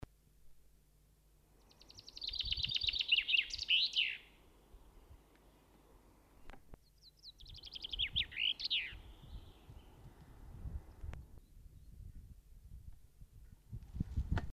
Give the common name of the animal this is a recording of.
Common Chaffinch